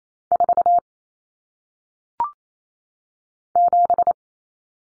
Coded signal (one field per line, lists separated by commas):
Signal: Morse code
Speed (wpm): 28 wpm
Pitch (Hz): 700 Hz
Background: none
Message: 4 7